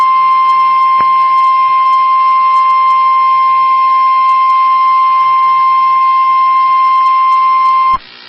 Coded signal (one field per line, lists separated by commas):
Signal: Emergency Alert System (SAME) tones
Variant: 1050 Hz attention tone